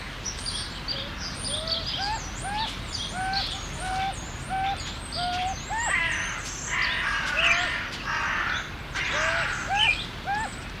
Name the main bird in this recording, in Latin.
Nothocrax urumutum